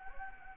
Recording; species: mosquito wingbeat signal from an infrared sensor; Anopheles gambiae